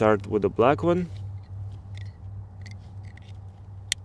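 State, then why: Seated. Someone talks briefly while the black plug of a remote engine starter harness is pushed into its mating wiring socket under the dash of a 2019–2021 Kia Forte / Cerato (key ignition version), with faint handling sounds and a steady low hum underneath. One sharp, loud click at 3.9 s marks the plug seating fully into the connector.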